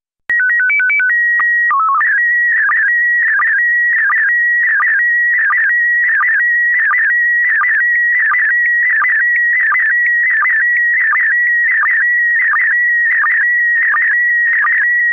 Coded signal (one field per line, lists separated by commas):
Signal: SSTV (slow-scan television)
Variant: PD 90